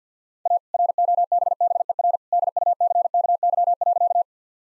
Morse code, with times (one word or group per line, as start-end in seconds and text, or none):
0.5-0.6 A
0.7-2.2 ROBBER
2.3-4.2 DUCKY.